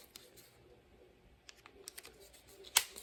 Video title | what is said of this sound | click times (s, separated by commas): NEW HOT WHEELS SPEED SNAP TRACK: REVIEWUESDAY #skunkworksstudios #hotwheelstrack | and they just snap in place | 2.8 s